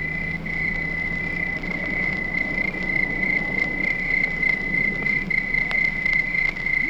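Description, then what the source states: Crickets chirping in a steady, continuous high trill with a harmonic above and a faint low hum underneath. Crickets at night.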